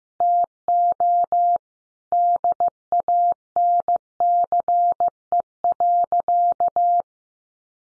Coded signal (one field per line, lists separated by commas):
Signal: Morse code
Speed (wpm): 15 wpm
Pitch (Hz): 700 Hz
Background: none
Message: TO DANCE.